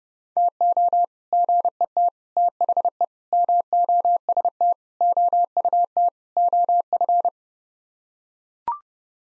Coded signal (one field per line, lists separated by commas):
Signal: Morse code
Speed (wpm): 30 wpm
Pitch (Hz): 700 Hz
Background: none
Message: TO GET THE MOST OUT OF